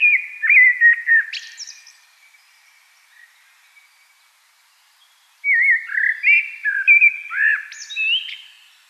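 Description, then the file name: Common blackbird song: a fluty warble ending in a high twitter, several seconds of quiet, then a fresh run of looping whistled notes. "Turdus merula"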